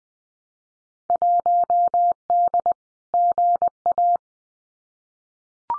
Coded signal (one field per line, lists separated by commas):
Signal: Morse code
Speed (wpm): 20 wpm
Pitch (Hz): 700 Hz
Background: none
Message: 1D GA